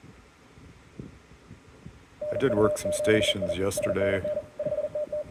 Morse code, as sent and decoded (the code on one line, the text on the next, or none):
-. ..- --... .. / ... -. -. / ..... - -
NU7I SNN 5TT